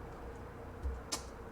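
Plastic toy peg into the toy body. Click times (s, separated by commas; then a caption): 1.1 s. A plastic peg on a yellow G2 version of a Transformers NA Devastator transforming toy is pushed into the toy body in one push, preceded by a faint low thump. A short, sharp click at 1.1 s marks the peg seating in place, completing the transformation.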